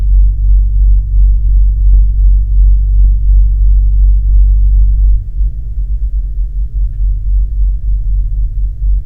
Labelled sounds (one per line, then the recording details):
man-made sound
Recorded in the Prudhoe Bay oil fields, Alaska, on 4 September 2019 at 15:21
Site 13